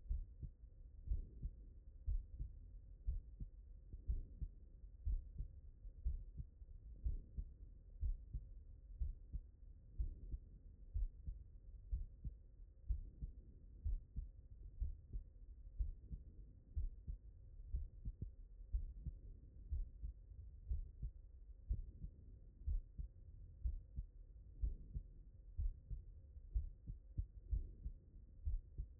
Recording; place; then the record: heart sounds by stethoscope; pulmonary valve (PV)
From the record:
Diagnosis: non-HFrEF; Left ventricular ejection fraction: 62%